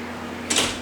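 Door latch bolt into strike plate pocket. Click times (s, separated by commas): 0.5 s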